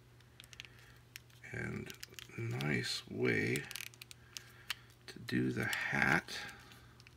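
A hat accessory for a Superplastic Janky Series One vinyl toy figure is handled near the figure's head, where it is meant to snap in over the ears, with light plastic taps and clicks around 0.4–1.2 s and 3.9–4.7 s while someone talks. The hat has not snapped into place yet; nothing has seated by the end of the clip.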